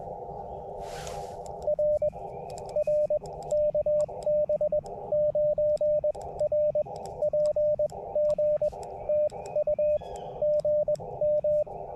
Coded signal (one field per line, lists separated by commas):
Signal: Morse code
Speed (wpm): 21 wpm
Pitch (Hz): 600 Hz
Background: radio noise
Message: RR KB9RPG TU GM